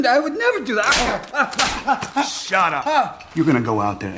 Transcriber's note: soundbite of slapping